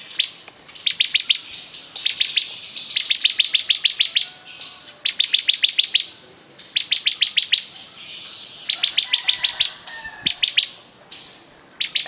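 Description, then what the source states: Bar-winged prinia song: fast strings of bright, high chipping notes in repeated bursts, mixed with buzzy, scratchy phrases. Persistent, vigorous singing (gacor).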